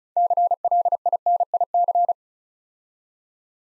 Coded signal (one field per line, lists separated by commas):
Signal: Morse code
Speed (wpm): 36 wpm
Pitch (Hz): 700 Hz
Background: none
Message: CLINIC